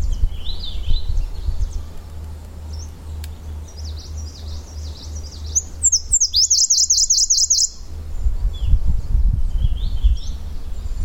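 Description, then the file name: Claudia's leaf warbler singing a brief, very high rapid trill of zigzag notes, with scattered softer chirps before and after over a low rumbling background. "warbler-claudias-leaf -Phylloscopus-claudiae"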